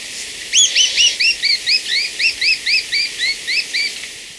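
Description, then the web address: Black-crested tit-tyrant uttering about fourteen high, sharp upslurred notes in a steady series. Ecuador. "Birds of Ecuador 2. Black-Crested Tit-Tyrant"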